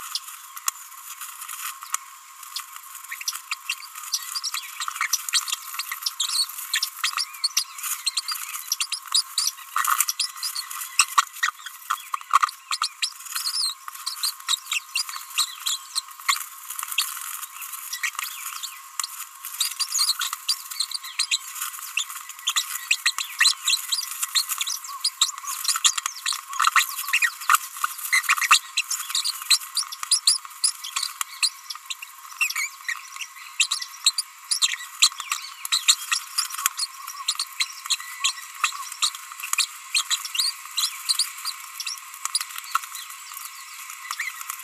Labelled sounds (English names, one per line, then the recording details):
Green-rumped Parrotlet babbling
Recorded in a nest box in Venezuela
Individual 18B25A4